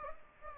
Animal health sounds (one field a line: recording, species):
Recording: mosquito wingbeat signal from an infrared sensor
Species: Anopheles gambiae